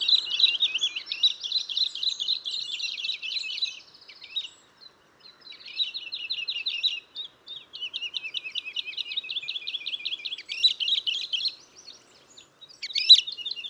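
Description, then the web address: Bird delivering long, rapid trilled series of high notes in several runs, broken by brief pauses, ending with a sharper higher note. "Ptichki Ula. pozivki"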